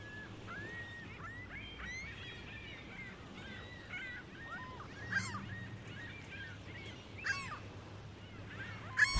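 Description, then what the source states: Gulls giving scattered thin mewing and yelping calls over a steady low rumble, with a sharp knock near the end. Gulls on a busy beach on Lake Ontario.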